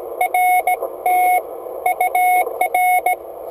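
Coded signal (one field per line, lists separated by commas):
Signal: Morse code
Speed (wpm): 17 wpm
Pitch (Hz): 730 Hz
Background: radio noise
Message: RT UR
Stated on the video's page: CW QSO from a car on an Icom 701 at 25W, home-made key, MFJ-1620 antenna.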